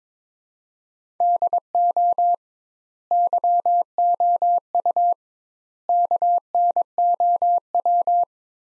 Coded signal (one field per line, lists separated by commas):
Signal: Morse code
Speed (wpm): 22 wpm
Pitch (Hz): 700 Hz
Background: none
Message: DO YOU KNOW